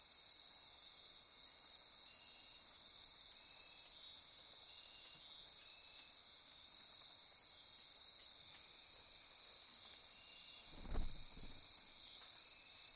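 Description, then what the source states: Insect chorus, steady high shrill trilling in layered bands, with a brief low thump near the end. Insect chorus recorded at midnight near Corcovado.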